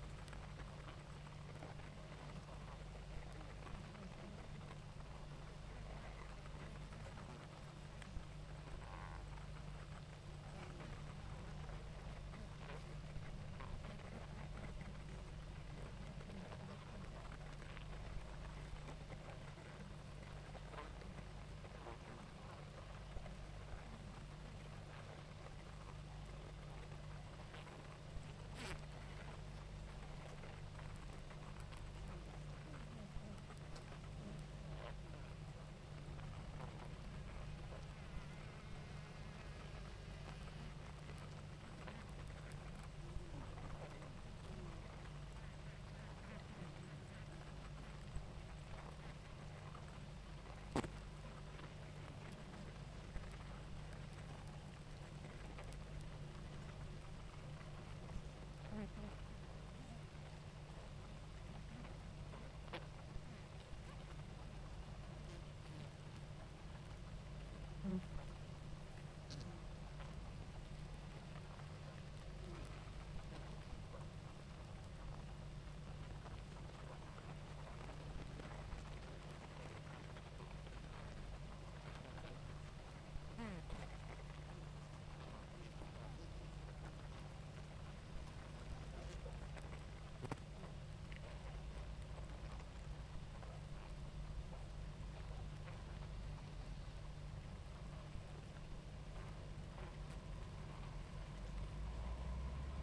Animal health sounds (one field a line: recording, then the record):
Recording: honeybee colony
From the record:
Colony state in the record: active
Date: 28 July 2017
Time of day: 19:02